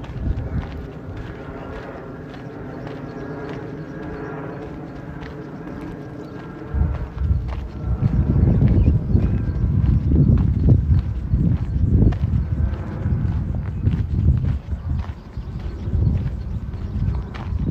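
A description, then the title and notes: A walk in Modiin, Israel, where a steady low engine hum fills the first seven seconds with frequent sharp clicks and knocks. Around seven seconds a louder, rougher rumble takes over, with irregular thumps and clattering hoofbeat-like knocks continuing to the end. City Park Sounds. Walking In Modiin, Israel.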